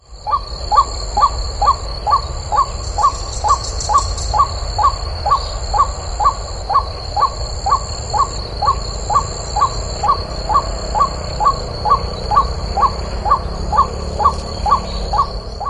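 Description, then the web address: White-breasted waterhen calling, a short sharp note repeated about twice a second, steady and even throughout, with continuous high insect buzzing in the background. Taiwan. "白腹秧雞"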